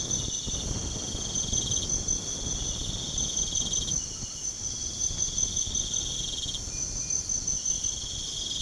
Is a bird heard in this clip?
no